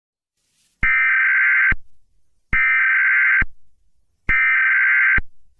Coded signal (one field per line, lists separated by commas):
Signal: Emergency Alert System (SAME) tones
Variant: header bursts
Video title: Nickbrian (A tiktok eas scenario)